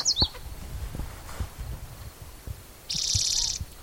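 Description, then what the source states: Spotted Towhee song, a rasping buzzy trill near the end, after a brief high chip at the start and soft low background noise. Individual number 8, Black's Creek, 16 June 2010, around 4:30 in the afternoon; vocalization 26 in a series counted aloud by the recordist.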